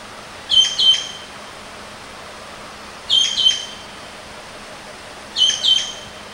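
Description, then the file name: Javan green magpie repeating a piercing two-note whistled call three times, spaced about two and a half seconds apart, over steady faint hiss. Known locally as ekek keling. "suara burung cissa thalassina ekek keling"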